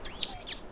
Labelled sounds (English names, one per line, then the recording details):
Stitchbird song
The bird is a male
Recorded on Tiritiri Matangi Island, New Zealand, in 2005
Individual 9, of nest box 11